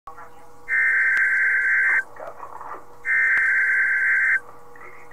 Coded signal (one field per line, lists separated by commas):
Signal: Emergency Alert System (SAME) tones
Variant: header bursts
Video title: NOAA Weather Radio Weekly Wednesday Test #55 (6-3-2020)